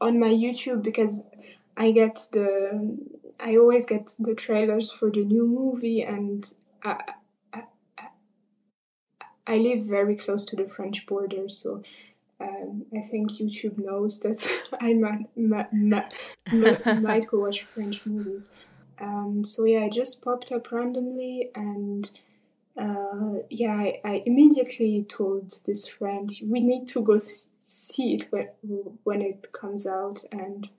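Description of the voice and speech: Conversational speech from an adult woman with repeated syllables ("ma-ma-ma-might"), a stretched "s", fillers and long pauses, typical of stuttering. Her stutter began late, during puberty, and grew more severe by the end of high school. It is a covert stutter she hid for years using techniques.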